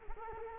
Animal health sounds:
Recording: mosquito wingbeat signal from an infrared sensor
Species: Culex quinquefasciatus

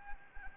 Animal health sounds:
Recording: mosquito wingbeat signal from an infrared sensor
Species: Anopheles gambiae

